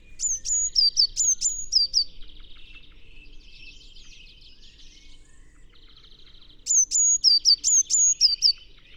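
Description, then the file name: Eurasian blue tit calling: two bursts of thin, high whistled notes dropping in pitch, with buzzy churring trills between them. "Cyanistes caeruleus"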